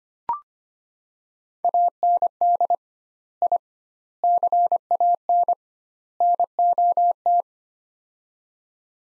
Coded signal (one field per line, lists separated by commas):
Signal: Morse code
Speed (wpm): 25 wpm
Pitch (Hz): 700 Hz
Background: none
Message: AND I CAN NOT